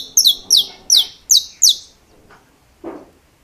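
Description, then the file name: Saffron finch giving five high, sharp descending chirps in quick succession, then a pause and a faint lower sound. "Canto-do-Canário-da-Terra"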